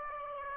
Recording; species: mosquito wingbeat signal from an infrared sensor; Aedes aegypti